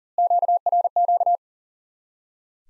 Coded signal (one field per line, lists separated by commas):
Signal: Morse code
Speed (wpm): 40 wpm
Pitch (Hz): 700 Hz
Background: none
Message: QRQ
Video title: Course 3 - Lesson 50 - QRQ - Introduce New Element